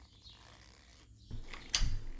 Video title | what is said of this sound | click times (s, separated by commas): Installing a G2 Throttle Tamer on a CR250r | there you go once you get in the right position you kind of hear that click that's how you know it's in there the right way | 1.7 s